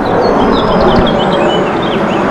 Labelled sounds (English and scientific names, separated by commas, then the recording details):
House Finch (Haemorhous mexicanus) song
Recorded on Long Island, New York, on 18 June 2012
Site OG
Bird A